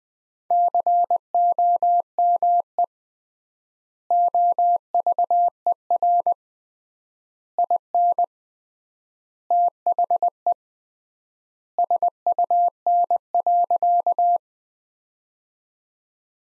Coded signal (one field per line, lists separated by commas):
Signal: Morse code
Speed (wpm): 20 wpm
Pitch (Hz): 700 Hz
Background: none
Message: COME OVER IN THE SUN.